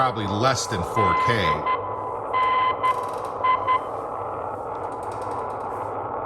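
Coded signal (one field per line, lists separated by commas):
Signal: Morse code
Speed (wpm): 12 wpm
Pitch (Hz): 1020 Hz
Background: speech, radio noise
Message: DNI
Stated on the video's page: Morse compared on Icom 9500 and Icom 75 receivers.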